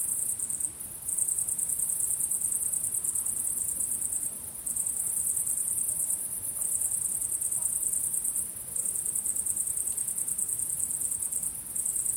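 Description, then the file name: Cricket chirping as a shrill, rapid high trill that pauses briefly every few seconds before starting again. Recorded at sunset. "syrsor solnedgang"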